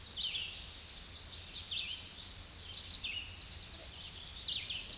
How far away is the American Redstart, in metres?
about 50 m